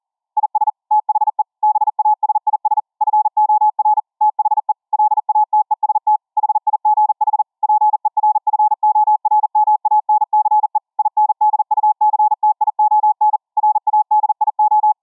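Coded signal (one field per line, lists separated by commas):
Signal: Morse code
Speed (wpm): 40 wpm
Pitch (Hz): 850 Hz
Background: none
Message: IS THE BASIS FOR THE LATEST HIGH PERFORMANCE INDUCTION RADIO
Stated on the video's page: CW at 26.6 kHz VLF through-the-earth, from soundcard SDR via 4:1 ferrite toroid transformer into a homemade twin-coil ferrite rod antenna, full QSK with T/R switch.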